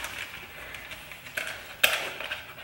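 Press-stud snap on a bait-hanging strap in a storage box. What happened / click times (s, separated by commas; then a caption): The press stud snapped shut / 1.8 s. Soft-plastic swimbaits hang inside a storage box on a strap, and a press-stud snap on the bait-hanging strap is pushed closed around them. A faint tap at 1.4 s precedes a sharp, bright snap at 1.8 s as the press-stud fastens, followed by quiet handling noise.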